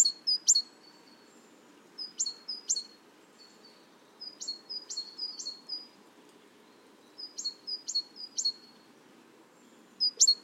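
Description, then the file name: Great tit repeating sharp, high two-part notes in short, loose groups with irregular gaps between them. "Parus major"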